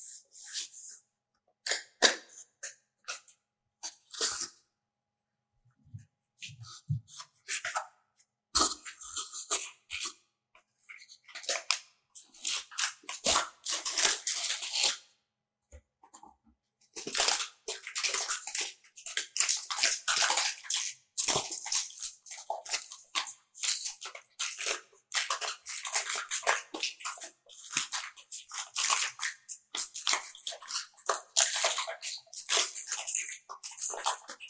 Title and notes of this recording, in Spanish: sonido de la creación de una burbuja de cinta adhesiva Nano Tape o doble contacto. Sonidos de la cinta nano tape